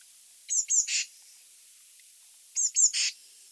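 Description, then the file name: Eurasian blue tit call: paired high thin notes followed by a harsh churring buzz, given twice about two seconds apart over faint hiss. "Cyanistes caeruleus"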